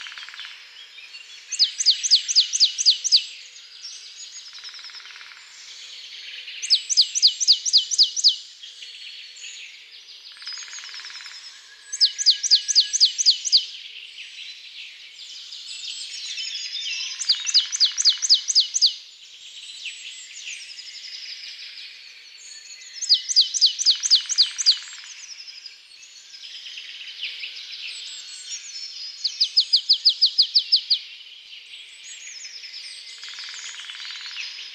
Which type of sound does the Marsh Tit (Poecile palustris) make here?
song